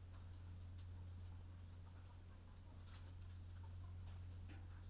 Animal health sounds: poultry house recording; sick chickens (respiratory disease)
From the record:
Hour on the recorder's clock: 22

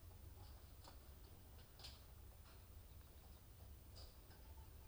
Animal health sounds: poultry house recording; healthy chickens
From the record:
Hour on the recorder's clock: 2

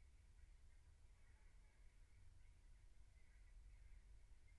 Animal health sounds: poultry house recording; no chicken sound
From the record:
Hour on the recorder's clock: 15

